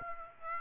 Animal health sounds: mosquito wingbeat signal from an infrared sensor; Aedes aegypti

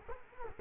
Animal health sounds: mosquito wingbeat signal from an infrared sensor; Culex quinquefasciatus

